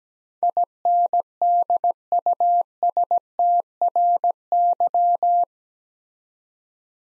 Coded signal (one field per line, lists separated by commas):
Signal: Morse code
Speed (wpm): 17 wpm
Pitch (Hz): 700 Hz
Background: none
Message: INDUSTRY